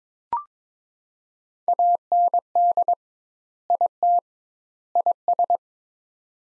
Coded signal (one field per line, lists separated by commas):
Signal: Morse code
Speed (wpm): 22 wpm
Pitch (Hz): 700 Hz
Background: none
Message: AND IT IS